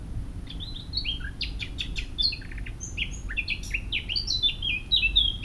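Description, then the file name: Eurasian blackcap song, a rapid, rich warble of fluty and chattering notes running almost continuously, with a steady low rumble beneath. "Sylvia atricapilla"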